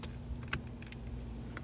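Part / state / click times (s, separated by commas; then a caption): wiring harness connector into window switch / seated / 0.5 s. The second wiring harness connector is pushed onto a new master window switch for a G37 Infiniti door and snaps in with a sharp click at 0.5 s, seating it firmly. Fainter ticks and handling clicks come before and after, with a louder one near 1.6 s, over a steady low hum.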